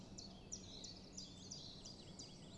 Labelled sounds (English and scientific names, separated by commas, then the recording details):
Common Chiffchaff (Phylloscopus collybita)
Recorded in Germany
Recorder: ecoPi